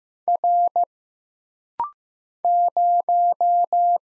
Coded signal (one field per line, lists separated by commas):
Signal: Morse code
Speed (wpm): 15 wpm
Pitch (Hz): 700 Hz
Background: none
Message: R 0